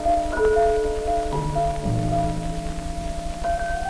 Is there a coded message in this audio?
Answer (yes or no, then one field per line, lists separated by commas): no